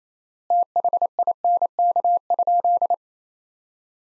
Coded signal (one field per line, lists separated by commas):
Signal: Morse code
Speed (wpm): 28 wpm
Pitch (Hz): 700 Hz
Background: none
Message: THINK?